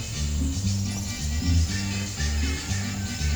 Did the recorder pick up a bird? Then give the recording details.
no. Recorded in pastures near Puerto Asís, Putumayo, Colombia, on 22 December 2024 at 08:30. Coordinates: 0.497, -76.327. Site G088